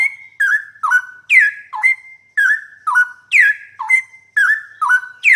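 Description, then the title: Bird singing loud whistled notes that slide down then hold level, phrases repeated about twice per second in a lively series. "Kicau Burung"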